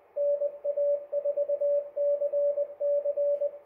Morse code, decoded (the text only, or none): NA4CC